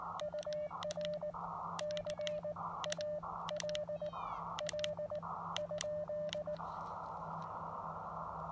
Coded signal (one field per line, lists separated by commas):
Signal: Morse code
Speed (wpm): 18 wpm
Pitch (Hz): 600 Hz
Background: none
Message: UR CALL ?